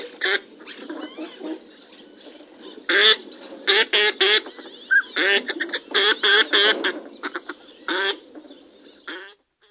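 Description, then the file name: Northern pintail calls, loud bursts of harsh nasal quacks and rasping notes in irregular groups, interspersed with softer low clucking. "Northern Pintail Duck"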